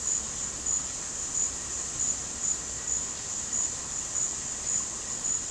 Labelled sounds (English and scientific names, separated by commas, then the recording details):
none
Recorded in dense forest near Puerto Asís, Putumayo, Colombia, on 12 March 2025 at 15:00
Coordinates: 0.467, -76.328
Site G041